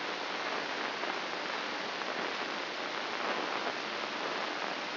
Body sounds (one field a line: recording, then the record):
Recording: brain microelectrode recording played as sound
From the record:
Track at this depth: inside the subthalamic nucleus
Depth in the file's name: 3.631 mm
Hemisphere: left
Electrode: 3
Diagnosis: Parkinson's disease